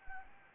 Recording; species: mosquito wingbeat signal from an infrared sensor; Anopheles arabiensis